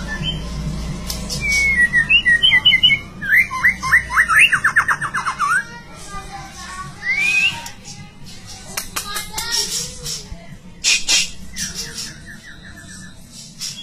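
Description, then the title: White-rumped shama song: a burst of rich whistled notes, then a fast run of descending slurred whistles, followed by quieter scattered whistles and clicks over low background hum. "murai batu"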